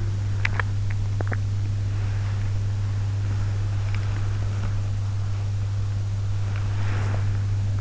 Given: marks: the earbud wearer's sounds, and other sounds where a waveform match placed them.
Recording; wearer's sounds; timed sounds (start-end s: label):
sounds in sleep by an in-ear microphone; teeth grinding, body movement
0.35-1.41 s: teeth grinding
3.20-4.77 s: body movement
6.74-7.22 s: body movement